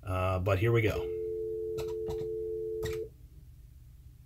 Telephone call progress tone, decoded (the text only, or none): dial tone